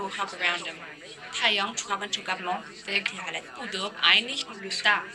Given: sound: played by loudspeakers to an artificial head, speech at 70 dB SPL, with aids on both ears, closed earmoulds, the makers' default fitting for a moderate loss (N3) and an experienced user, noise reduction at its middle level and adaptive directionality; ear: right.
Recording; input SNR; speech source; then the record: speech test signal (ISTS) in cocktail-party noise; +3 dB; in front (0 degrees)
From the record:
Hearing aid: class 2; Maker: E